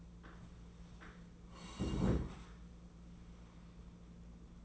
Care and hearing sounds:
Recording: daily activity, microphone in the room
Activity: sit down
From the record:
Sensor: 1

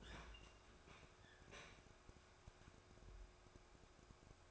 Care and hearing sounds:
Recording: daily activity, microphone in the room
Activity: open fridge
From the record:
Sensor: 2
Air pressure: 1004.5 hPa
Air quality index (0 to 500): 184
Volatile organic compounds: 10 ppm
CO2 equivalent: 2205 ppm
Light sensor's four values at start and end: 4/11/4/4 and 4/11/4/4

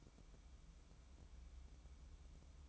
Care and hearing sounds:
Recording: daily activity, microphone in the room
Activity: light on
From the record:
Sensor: 1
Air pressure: 1007.9 hPa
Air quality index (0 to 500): 117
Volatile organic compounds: 2 ppm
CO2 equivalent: 987 ppm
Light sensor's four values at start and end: 11/26/10/12 and 15/44/17/19

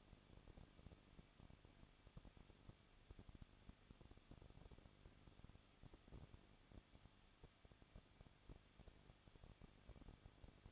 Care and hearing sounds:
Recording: daily activity, microphone in the room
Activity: no activity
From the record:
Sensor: 4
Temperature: 23.1 degrees Celsius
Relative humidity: 34.1%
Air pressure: 1007.2 hPa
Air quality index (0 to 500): 214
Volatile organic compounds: 14 ppm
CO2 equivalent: 2470 ppm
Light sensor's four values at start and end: 2/3/1/1 and 2/3/1/1

